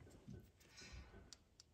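A crimped spade wire terminal is handled and lined up with the small terminal slot of the alternator connector plug during a Lucas 5-wire to late 3-wire alternator conversion on a 1971 MGB. Faint rustling handling noise is broken by two brief, sharp ticks at about 1.3 and 1.6 seconds. The terminal has not seated or clicked into the housing yet.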